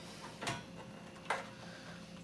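A plastic part is pressed into its two clip points on an EdgeStar Koldfront KBC51SS non-pressurized kegerator. A softer rustling knock around 0.5 s is followed by a single sharp click at 1.3 s over a steady low hum. The part is seated in place.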